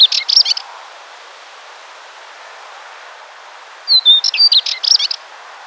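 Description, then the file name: Spectacled warbler singing short, rapid, scratchy warbled phrases. The first is cut off at the start, and a second phrase opens with a thin whistle after about three seconds of quiet. "Curruca Tomillera"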